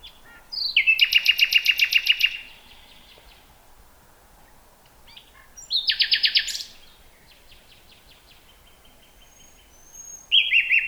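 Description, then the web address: Common nightingale song: fast churring trills of rapidly repeated notes, separated by quiet pauses, with a soft whistled series and a final loud burst. "nachtegaal luscinia megarhynchos"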